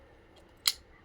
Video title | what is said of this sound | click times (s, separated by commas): byte casting rod set up.. | lock అయింది దీనికి మనం ఫ్రాగ్ ఫిక్స్ చేసుకోవాలి ఫ్రాగ్ | 0.7 s